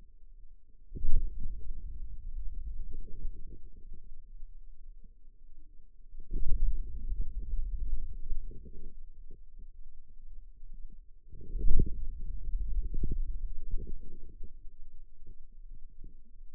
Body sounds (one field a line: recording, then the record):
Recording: forearm muscle sounds (acoustic myography)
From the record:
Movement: hand closing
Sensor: system 2, bracelet of six BSWA MPA416 microphones around the upper forearm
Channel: 2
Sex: male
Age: 22 years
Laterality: right